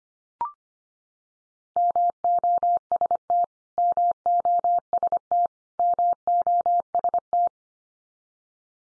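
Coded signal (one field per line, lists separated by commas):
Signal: Morse code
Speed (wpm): 25 wpm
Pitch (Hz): 700 Hz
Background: none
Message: MOST MOST MOST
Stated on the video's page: Morse code practice of the 100 most common English words at 25 wpm, each word sent three times, then spoken, then sent again.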